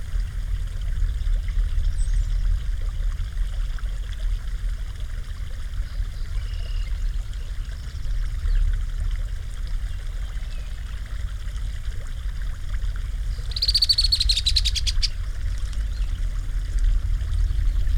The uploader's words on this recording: Listen to the gentle flow of Sand Creek and hear the songs of Red-Winged Blackbirds, Spotted Towhees, and Green-Tailed Towhees. Recorded along the Bent Rock Trail in Red Mountain Open Space on a cool, cloudy morning in late June 2022. Elevation 6,285 feet. Red Mountain Open Space in Larimer County, Colorado. There’s no talking in this episode.